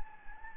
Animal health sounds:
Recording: mosquito wingbeat signal from an infrared sensor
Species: Anopheles gambiae

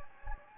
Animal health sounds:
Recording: mosquito wingbeat signal from an infrared sensor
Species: Anopheles gambiae

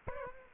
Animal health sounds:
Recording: mosquito wingbeat signal from an infrared sensor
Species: Aedes aegypti

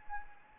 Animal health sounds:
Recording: mosquito wingbeat signal from an infrared sensor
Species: Anopheles arabiensis

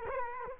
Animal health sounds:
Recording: mosquito wingbeat signal from an infrared sensor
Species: Culex quinquefasciatus

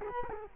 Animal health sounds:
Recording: mosquito wingbeat signal from an infrared sensor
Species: Culex quinquefasciatus

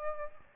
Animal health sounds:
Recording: mosquito wingbeat signal from an infrared sensor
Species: Aedes albopictus

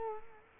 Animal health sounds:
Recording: mosquito wingbeat signal from an infrared sensor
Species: Culex quinquefasciatus

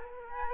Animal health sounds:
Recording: mosquito wingbeat signal from an infrared sensor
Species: Culex quinquefasciatus

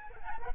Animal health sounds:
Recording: mosquito wingbeat signal from an infrared sensor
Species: Aedes albopictus

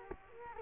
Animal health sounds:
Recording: mosquito wingbeat signal from an infrared sensor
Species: Culex quinquefasciatus

